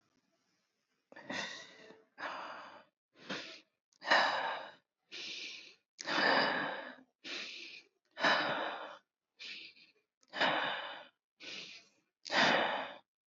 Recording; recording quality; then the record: shallow breathing; excellent, no background noise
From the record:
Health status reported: healthy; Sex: male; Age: 51 years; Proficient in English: yes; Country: India